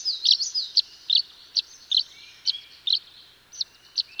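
Tree swallow calls: bright, slurred chirps spaced roughly every half second, with a faint drawn-out whistle in the background.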